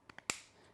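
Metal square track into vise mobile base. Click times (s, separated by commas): 0.3 s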